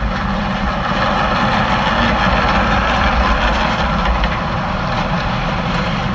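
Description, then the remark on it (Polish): A passing tram gives off a loud, steady rumble with a rattling, grinding texture that holds evenly for several seconds, with no voices over it. “Słyszycie tramwaj?”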